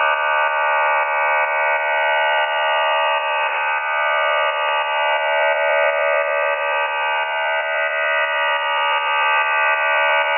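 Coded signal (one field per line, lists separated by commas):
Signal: numbers station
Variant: Q26 QPSK modem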